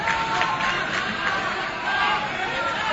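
A steady, dense murmur of many voices chatting at once fills the whole stretch, an even crowd babble with no single voice standing out and no pauses.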